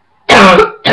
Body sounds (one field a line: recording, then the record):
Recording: coughing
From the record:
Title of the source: Barking cough - # 10